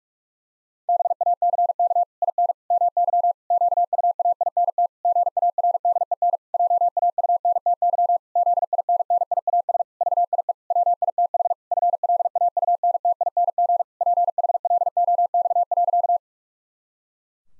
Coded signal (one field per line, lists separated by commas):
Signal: Morse code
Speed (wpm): 46 wpm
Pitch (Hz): 700 Hz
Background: none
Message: BACK IN MY QUAINT GARDEN JAUNTY ZINNIAS VIE WITH FLAUNTING PHLOX.